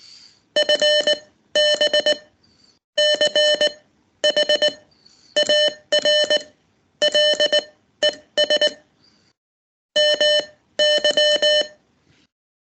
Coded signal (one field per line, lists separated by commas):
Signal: Morse code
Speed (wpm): 19 wpm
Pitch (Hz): 600 Hz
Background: none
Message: FB CHARLES MY